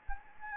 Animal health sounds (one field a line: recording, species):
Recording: mosquito wingbeat signal from an infrared sensor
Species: Anopheles gambiae